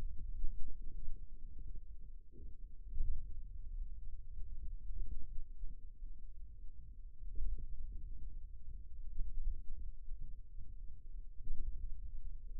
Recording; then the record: forearm muscle sounds (acoustic myography)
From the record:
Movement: finger pinch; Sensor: system 2, bracelet of six BSWA MPA416 microphones around the upper forearm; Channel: 2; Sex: male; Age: 22 years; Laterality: right